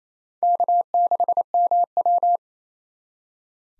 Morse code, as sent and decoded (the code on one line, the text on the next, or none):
-.- -.... -- .--
K6MW